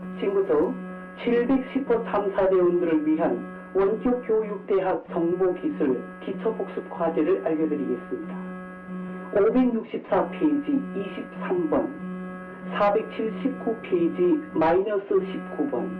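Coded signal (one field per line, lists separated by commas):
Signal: numbers station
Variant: Korean language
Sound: korean voice announces an assignment, then reads page and item numbers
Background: steady hum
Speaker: 이 암호 같은 말들, 이 국내 보수단체인 전대협이 지난해 7월에 만든 영상에서 음성만 따와서 재가공한 것이었습니다.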